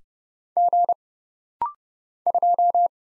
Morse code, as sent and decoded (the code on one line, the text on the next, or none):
--. / ..---
G 2